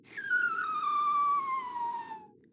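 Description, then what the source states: Bearded seal underwater call, a single long tone sliding steadily downward for about two seconds, clear and ringing with overtones, over low background rumble. Underwater vocalization in the Arctic; a sound made by the animal itself.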